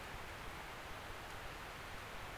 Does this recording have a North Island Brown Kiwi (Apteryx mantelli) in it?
no